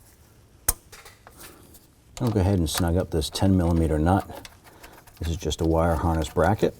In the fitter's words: the intake and just press down you'll hear a click